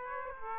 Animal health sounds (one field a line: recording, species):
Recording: mosquito wingbeat signal from an infrared sensor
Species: Aedes aegypti